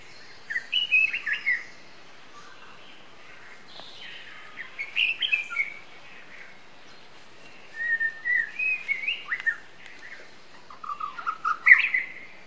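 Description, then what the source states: White-rumped shama delivering melodious whistled phrases in four bursts, mixing clear slurred notes with quick twittering runs. Wild forest bird, singing.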